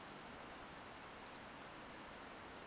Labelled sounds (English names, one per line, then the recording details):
Eurasian Woodcock whistle
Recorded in Baden-Württemberg, Germany, on 10 June 2021 at 20:15 UTC
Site 43323, 910 m above sea level